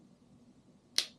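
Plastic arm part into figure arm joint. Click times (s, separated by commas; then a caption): 1.0 s. Plastic arm parts of a model kit figure are pressed together, the arm part pushed into the figure's arm joint, over a low, quiet background. A single sharp, bright click rings out at 1.0 s and fades quickly. It is the first of two clicks, and the arm joint has seated.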